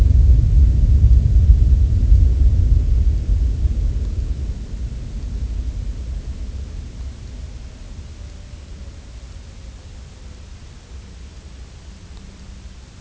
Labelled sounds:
none
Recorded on Arctic tundra, site UTQI-0, on 23 June 2018
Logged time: 06:00

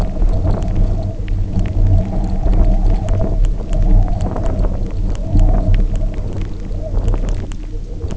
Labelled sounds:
none
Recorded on Arctic tundra, site UTQI-0, on 27 June 2018
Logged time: 00:00

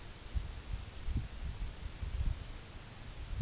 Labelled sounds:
none
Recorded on Arctic tundra, site NAIT-1, on 2 July 2019
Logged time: 18:00

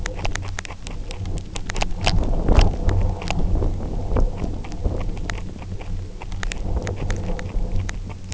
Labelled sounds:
none
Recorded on Arctic tundra, site UTQI-0, on 29 June 2018
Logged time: 08:00

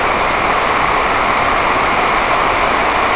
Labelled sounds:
none
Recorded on Arctic tundra, site NAIT-1, on 28 June 2018
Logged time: 11:00

